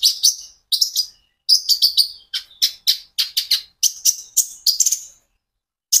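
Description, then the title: Van Hasselt's sunbird singing a fast run of high, sharp chipping notes, grouped in quick bursts with short gaps and one final note after a pause. Steady, continuous song from a sunbird used as a lure and training song for caged sunbirds. "KOLIBRI NINJA KONIN IJOAN GACOR COCOK UNTUK PANCINGAN TERAPI KONIN"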